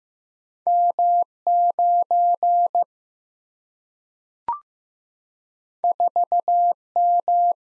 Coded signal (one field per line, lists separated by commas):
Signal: Morse code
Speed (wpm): 15 wpm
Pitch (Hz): 700 Hz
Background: none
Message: M9 4M